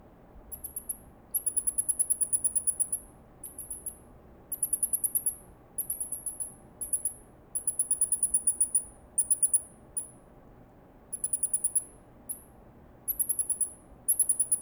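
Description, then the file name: Gray mouse lemur calls: very high, rapid trilled bursts, each lasting from a fraction of a second to about two seconds, repeated roughly every second or two over a low, steady background hum. "Microcebus murinus vocalization"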